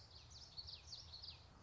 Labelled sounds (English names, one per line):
Common Yellowthroat